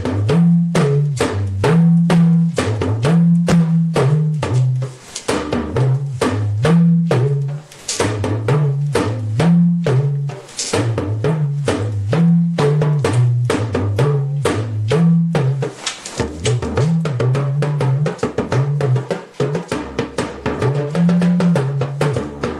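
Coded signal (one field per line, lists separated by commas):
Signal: talking drum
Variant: Yoruba dùndún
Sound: rapid drum strokes with a low pitch rising and falling like speech tones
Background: small room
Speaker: that is to say cabo shi da [Music] welcome everybody we have been expecting every single uh one of you and then did you arrive safely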